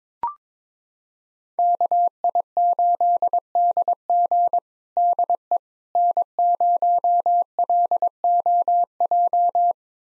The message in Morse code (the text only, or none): KI8DG DE N0LOJ